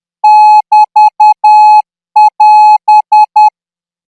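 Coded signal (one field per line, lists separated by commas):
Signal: Morse code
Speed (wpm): 10 wpm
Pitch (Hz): 850 Hz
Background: none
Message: <BT><AS>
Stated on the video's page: Thai radio signal training Morse at 14 words per minute.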